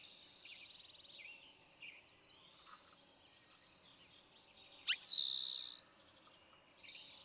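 Eastern towhee: faint trilling of another bird fades out, then an Eastern towhee sings once, a slurred whistle leading into a rapid buzzy trill, before another soft trill begins.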